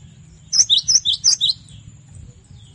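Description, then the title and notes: Cinereous tit song: a quick run of about six bright, high notes alternating between two pitches, like a rapid two-note see-saw phrase, with a faint steady high whine behind. Masteran song, made to train cage birds. "Masteran Gelatik Batu. burung gelatik"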